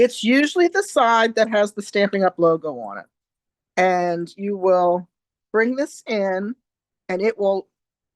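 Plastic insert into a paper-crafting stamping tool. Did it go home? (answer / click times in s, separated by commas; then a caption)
no / none. Someone talks while bringing a plastic piece of a Stampin' Up paper-crafting stamping tool in against the side with the Stampin' Up logo, with short pauses between phrases. The piece has not seated or clicked into place yet.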